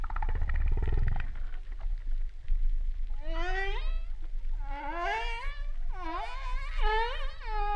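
Humpback whale song: a deep rumbling pulse first, then a run of wavering harmonic cries that rise and dip, each about a second long.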